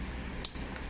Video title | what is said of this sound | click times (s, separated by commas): HONDA NC 750X MANUEL TEK TUŞLU SİS KABLO KESMEDEN MONTAJ HAKKINDA BİLGİLER | Tık diye geçti. Gördün mü? | 0.4 s